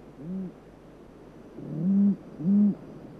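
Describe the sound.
Rufous owl giving deep, low hoots: a soft single hoot, then a pause and two louder, drawn-out hoots in quick succession, over a faint low hum.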